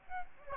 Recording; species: mosquito wingbeat signal from an infrared sensor; Aedes albopictus